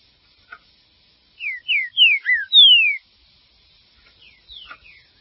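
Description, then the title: Green-winged saltator song: a quick run of four bright whistled notes, each sliding down, ending in a longer falling whistle, then a few softer notes. "Trinca Ferro"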